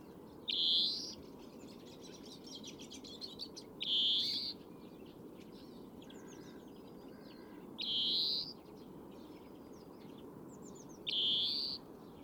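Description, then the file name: European greenfinch calls: four drawn-out, nasal, buzzy wheezes rising slightly in pitch, roughly every three to four seconds, with faint chirps between them over a low background rumble. "Chloris chloris"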